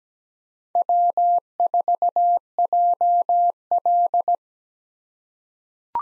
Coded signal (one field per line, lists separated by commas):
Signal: Morse code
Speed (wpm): 17 wpm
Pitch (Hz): 700 Hz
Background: none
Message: W4JL